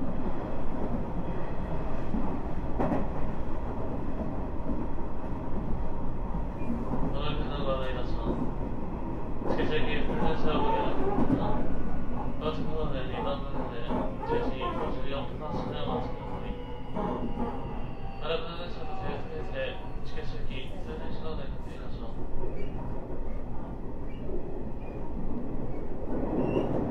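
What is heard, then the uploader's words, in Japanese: An express electric train heard from inside as it runs, with a steady low rumble of wheels and motor throughout. From about 7 to 22 seconds, bright whining tones and squeals rise and fall over the rumble, and quiet voices come through faintly. 西日本鉄道 9000系電車の走行音です。天神大牟田線の急行電車で録音しました。薬院から二日市まで（前編 春日原まで）。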